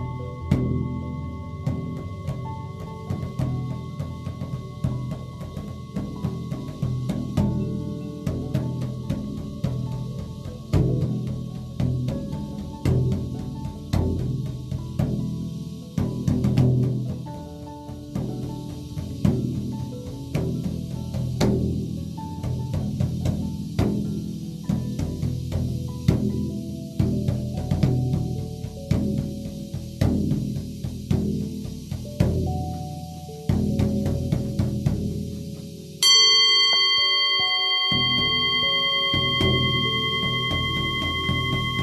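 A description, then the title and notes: A buffalo drum beats in a dense, steady stream of soft low thumps, with the ringing tone of a Tibetan singing bowl humming above throughout. Near the end the drumming drops away and bright bell tones ring out and sustain. With my buffalo drum, Tibetan singing bowl and dragon rings bells.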